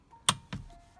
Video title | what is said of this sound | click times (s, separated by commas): BMW STEERING WHEEL RETROFIT/DIY (E90, E91, E92, E93) | clicked in place you know that's how you do that now | 0.3 s